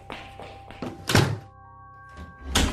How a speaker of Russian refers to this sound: Как только он ввалился в следующую комнату, дверь за ним захлопнулась, и послышался щелчок.